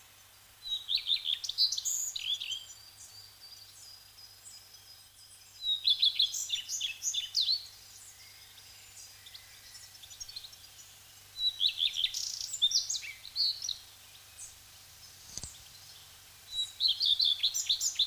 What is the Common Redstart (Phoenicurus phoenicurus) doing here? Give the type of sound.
song